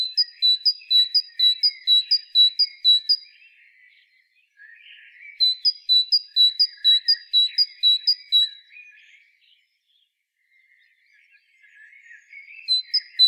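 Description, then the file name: Great tit: bright high double notes repeated in quick rhythmic bursts, with softer twittering underneath and a quiet gap before a final short run. "Parus major"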